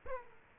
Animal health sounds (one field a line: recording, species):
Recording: mosquito wingbeat signal from an infrared sensor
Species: Aedes aegypti